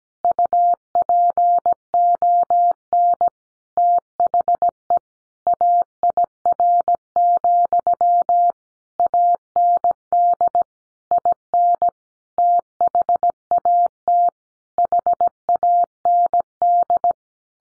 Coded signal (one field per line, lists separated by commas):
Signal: Morse code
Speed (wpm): 17 wpm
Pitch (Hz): 700 Hz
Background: none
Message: UPON THE AIR, AND IN THAT HAND